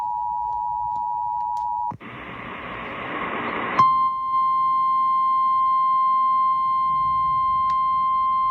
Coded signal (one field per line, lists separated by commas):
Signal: Emergency Alert System (SAME) tones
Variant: 853 and 960 Hz attention tone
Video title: First Eas vid!!!